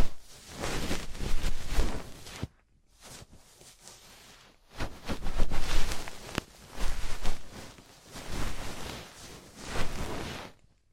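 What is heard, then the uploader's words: Ear cleaning heard as crackly, scratchy rustling and scraping. The sound comes in swells of a second or two, with a near-silent gap between about three and four and a half seconds and a few sharp clicks and taps. ASMR Traditional Chinese Ear Cleaning and Earwax Removal (No Talking).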